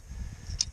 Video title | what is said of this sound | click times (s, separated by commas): Making a Coyote Tire Set and Homemade Dog Proof Raccoon Bait E920 | Alright, wait for the click. There it is. | 0.6 s